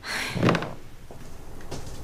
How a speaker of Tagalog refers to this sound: Ang tagal mo naman magbukas ng pinto.